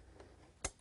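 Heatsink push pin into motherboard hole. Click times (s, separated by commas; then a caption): 0.6 s. A CPU heatsink push pin is pressed down hard into its motherboard hole, with the board out of the system in a tray, working on opposite corners. A sharp, bright click lands at 0.6 s against a quiet background with a faint tick just before. The pin locks and is seated.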